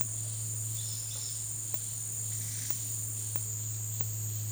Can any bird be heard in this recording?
yes